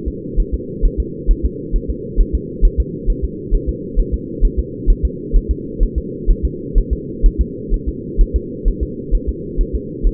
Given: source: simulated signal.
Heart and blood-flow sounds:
fetal heart sounds
0.08 s: S2
0.40 s: S1
0.54 s: S2
0.85 s: S1
1.00 s: S2
1.31 s: S1
1.45 s: S2
1.76 s: S1
1.90 s: S2
2.20 s: S1
2.35 s: S2
2.65 s: S1
2.80 s: S2
3.10 s: S1
3.25 s: S2
3.55 s: S1
3.69 s: S2
4.00 s: S1
4.14 s: S2
4.45 s: S1
4.59 s: S2
4.90 s: S1
5.05 s: S2
5.36 s: S1
5.51 s: S2
5.83 s: S1
5.98 s: S2
6.30 s: S1
6.45 s: S2
6.78 s: S1
6.93 s: S2
7.26 s: S1
7.41 s: S2
7.74 s: S1
7.88 s: S2
8.21 s: S1
8.36 s: S2
8.68 s: S1
8.83 s: S2
9.15 s: S1
9.29 s: S2
9.61 s: S1
9.75 s: S2
10.07 s: S1
From the record:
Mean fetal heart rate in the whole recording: 130 bpm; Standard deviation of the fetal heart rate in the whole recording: 2 bpm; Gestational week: 38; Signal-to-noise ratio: -4.1 dB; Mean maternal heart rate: no maternal heart sound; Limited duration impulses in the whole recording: absent

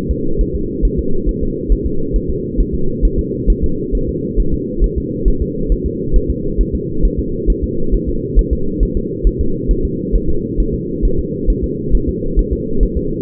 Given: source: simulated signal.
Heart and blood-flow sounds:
fetal heart sounds
0.11 s: S2
0.41 s: S1
0.55 s: S2
0.85 s: S1
0.99 s: S2
1.29 s: S1
1.43 s: S2
1.72 s: S1
1.86 s: S2
2.16 s: S1
2.30 s: S2
2.60 s: S1
2.75 s: S2
3.05 s: S1
3.19 s: S2
3.50 s: S1
3.64 s: S2
3.95 s: S1
4.09 s: S2
4.40 s: S1
4.54 s: S2
4.84 s: S1
4.98 s: S2
5.28 s: S1
5.42 s: S2
5.72 s: S1
5.86 s: S2
6.16 s: S1
6.30 s: S2
6.61 s: S1
6.75 s: S2
7.05 s: S1
7.20 s: S2
7.50 s: S1
7.64 s: S2
7.95 s: S1
8.09 s: S2
8.39 s: S1
8.53 s: S2
8.83 s: S1
8.97 s: S2
9.27 s: S1
9.41 s: S2
9.71 s: S1
9.85 s: S2
10.16 s: S1
10.30 s: S2
10.60 s: S1
10.74 s: S2
11.05 s: S1
11.19 s: S2
11.50 s: S1
11.64 s: S2
11.95 s: S1
12.09 s: S2
12.39 s: S1
12.53 s: S2
12.83 s: S1
12.97 s: S2
From the record:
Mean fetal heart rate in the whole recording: 135 bpm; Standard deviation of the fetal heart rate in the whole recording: 3 bpm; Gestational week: 36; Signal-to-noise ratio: -8.1 dB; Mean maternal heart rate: 72 bpm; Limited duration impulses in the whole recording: absent

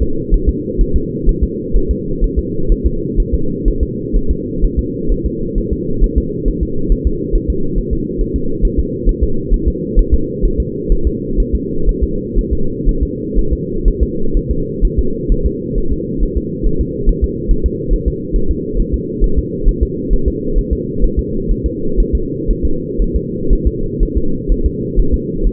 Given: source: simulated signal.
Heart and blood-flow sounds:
fetal heart sounds
0.03 s: S2
0.34 s: S1
0.49 s: S2
0.81 s: S1
0.96 s: S2
1.29 s: S1
1.44 s: S2
1.77 s: S1
1.91 s: S2
2.24 s: S1
2.39 s: S2
2.72 s: S1
2.86 s: S2
3.20 s: S1
3.34 s: S2
3.68 s: S1
3.83 s: S2
4.16 s: S1
4.31 s: S2
4.64 s: S1
4.79 s: S2
5.12 s: S1
5.26 s: S2
5.58 s: S1
5.73 s: S2
6.04 s: S1
6.18 s: S2
6.48 s: S1
6.63 s: S2
6.92 s: S1
7.07 s: S2
7.35 s: S1
7.50 s: S2
7.78 s: S1
7.93 s: S2
8.21 s: S1
8.36 s: S2
8.65 s: S1
8.79 s: S2
9.09 s: S1
9.24 s: S2
9.54 s: S1
9.68 s: S2
9.99 s: S1
10.14 s: S2
10.45 s: S1
10.60 s: S2
10.92 s: S1
11.07 s: S2
11.40 s: S1
11.55 s: S2
11.89 s: S1
12.03 s: S2
12.38 s: S1
12.53 s: S2
12.89 s: S1
13.03 s: S2
13.39 s: S1
13.53 s: S2
13.88 s: S1
14.03 s: S2
14.37 s: S1
14.51 s: S2
14.85 s: S1
14.99 s: S2
15.32 s: S1
15.46 s: S2
15.78 s: S1
15.93 s: S2
16.23 s: S1
16.38 s: S2
16.67 s: S1
16.81 s: S2
17.09 s: S1
17.24 s: S2
17.51 s: S1
17.66 s: S2
17.94 s: S1
18.08 s: S2
18.36 s: S1
18.51 s: S2
18.80 s: S1
18.94 s: S2
19.24 s: S1
19.39 s: S2
19.69 s: S1
19.83 s: S2
20.13 s: S1
20.28 s: S2
20.59 s: S1
20.73 s: S2
21.04 s: S1
21.19 s: S2
21.51 s: S1
21.66 s: S2
22.00 s: S1
22.15 s: S2
22.51 s: S1
22.65 s: S2
23.02 s: S1
23.16 s: S2
23.53 s: S1
23.67 s: S2
24.03 s: S1
24.17 s: S2
24.52 s: S1
24.66 s: S2
24.99 s: S1
25.14 s: S2
25.47 s: S1
From the record:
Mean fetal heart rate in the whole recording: 130 bpm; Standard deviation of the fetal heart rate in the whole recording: 4 bpm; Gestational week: 38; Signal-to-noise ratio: -8.1 dB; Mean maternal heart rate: 72 bpm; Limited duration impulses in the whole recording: absent

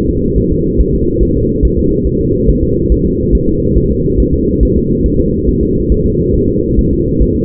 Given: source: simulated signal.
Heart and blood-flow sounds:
fetal heart sounds
0.10 s: S2
0.38 s: S1
0.52 s: S2
0.81 s: S1
0.95 s: S2
1.23 s: S1
1.37 s: S2
1.65 s: S1
1.79 s: S2
2.07 s: S1
2.21 s: S2
2.49 s: S1
2.63 s: S2
2.92 s: S1
3.06 s: S2
3.35 s: S1
3.49 s: S2
3.78 s: S1
3.91 s: S2
4.20 s: S1
4.34 s: S2
4.63 s: S1
4.77 s: S2
5.06 s: S1
5.20 s: S2
5.49 s: S1
5.63 s: S2
5.92 s: S1
6.06 s: S2
6.35 s: S1
6.49 s: S2
6.79 s: S1
6.93 s: S2
7.22 s: S1
7.36 s: S2
From the record:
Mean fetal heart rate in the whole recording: 140 bpm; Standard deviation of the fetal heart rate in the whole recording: 2 bpm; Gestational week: 34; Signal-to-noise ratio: -10.2 dB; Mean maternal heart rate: 72 bpm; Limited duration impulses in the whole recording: present

